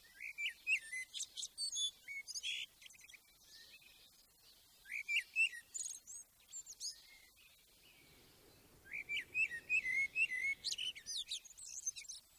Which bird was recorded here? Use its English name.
Common Blackbird